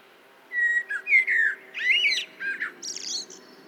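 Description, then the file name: Common blackbird song: a phrase of mellow fluting whistles, ending in a higher squeaky twitter. "Turdus merula"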